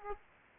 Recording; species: mosquito wingbeat signal from an infrared sensor; Aedes aegypti